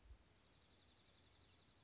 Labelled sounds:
Dark-eyed Junco (Junco hyemalis)
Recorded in Sonoma County, California

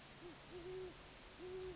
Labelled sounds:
Great Horned Owl (Bubo virginianus)
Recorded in Sonoma County, California

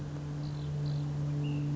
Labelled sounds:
Ash-throated Flycatcher (Myiarchus cinerascens)
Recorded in Sonoma County, California

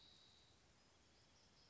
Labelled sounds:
Spotted Towhee (Pipilo maculatus)
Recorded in Sonoma County, California

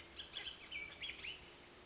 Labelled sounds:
Bullock's Oriole (Icterus bullockii)
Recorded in Sonoma County, California

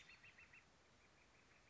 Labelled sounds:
Northern Flicker (Colaptes auratus)
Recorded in Sonoma County, California

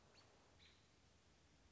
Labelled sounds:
American Robin (Turdus migratorius)
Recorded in Sonoma County, California

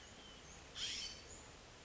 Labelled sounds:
California Scrub-Jay (Aphelocoma californica)
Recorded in Sonoma County, California

